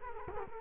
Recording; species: mosquito wingbeat signal from an infrared sensor; Culex quinquefasciatus